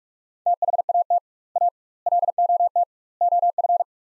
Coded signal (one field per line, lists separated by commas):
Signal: Morse code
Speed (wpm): 42 wpm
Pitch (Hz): 700 Hz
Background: none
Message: THAT A LOT OF